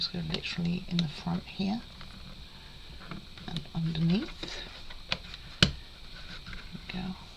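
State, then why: Seated. A wooden model part is fitted into the front and underneath of a DIY railway cathedral book nook base while someone talks. Small taps and scrapes lead to a sharp, loud click at 5.6 seconds as the part seats, and the lights then work.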